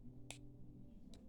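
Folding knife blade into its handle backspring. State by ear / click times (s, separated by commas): seated / 0.3 s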